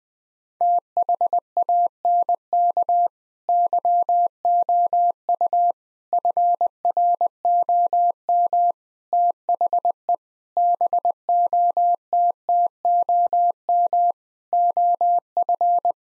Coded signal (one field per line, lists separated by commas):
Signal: Morse code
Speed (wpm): 20 wpm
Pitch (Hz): 700 Hz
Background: none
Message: THANK YOU FROM THE BOTTOM OF